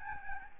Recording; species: mosquito wingbeat signal from an infrared sensor; Aedes albopictus